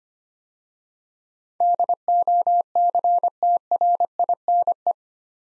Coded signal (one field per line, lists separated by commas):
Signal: Morse code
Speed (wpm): 25 wpm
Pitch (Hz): 700 Hz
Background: none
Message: DOCTRINE